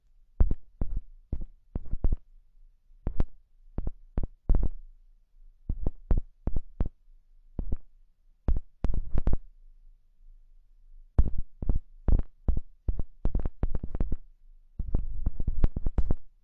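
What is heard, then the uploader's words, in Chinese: Ear cleaning with assorted sticks: short, crisp scraping and tapping strokes that come in irregular clusters, a few per second, with brief pauses around 5 and 10 seconds. Each stroke has a dull thump beneath a bright crackle, over a faint steady low hum. 用各种棒棒清理你的耳朵。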